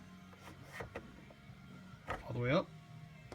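The adjustable front rest in the central channel of a Tipton Best gun cleaning vise is handled as it is raised all the way up, where it is meant to lock in at small detent positions, while someone talks. Nothing has seated or clicked into place yet when the clip ends.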